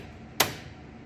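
Inside a colour laser copier, the lock lever in front of the red drum unit is pushed down hard and snaps with a single sharp click at 0.4 s. The snap releases the drum unit so it can be pulled out by its handle.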